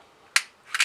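During reassembly of a Springfield Hellcat RDP pistol, with the slide locked back, the takedown lever in the frame is turned counter-clockwise and clicks into its locked position at 0.4 s with a sharp, bright snap. Quieter sharp clicks follow at about 0.75 and 0.8 s, and the lever ends up locked in place.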